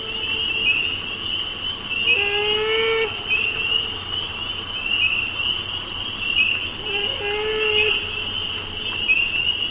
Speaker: The male beaver, wounded, swimming in slow circles in the evening, crying out inconsolably for its mate and lost offspring.